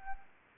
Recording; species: mosquito wingbeat signal from an infrared sensor; Anopheles arabiensis